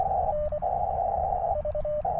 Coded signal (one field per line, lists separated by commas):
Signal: Morse code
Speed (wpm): 24 wpm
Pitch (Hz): 600 Hz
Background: radio noise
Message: N V